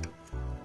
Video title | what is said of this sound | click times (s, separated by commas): University of Ghana - Distance Education Video Channel | and it's locked into place your four pin power connector again your clip | 0.0 s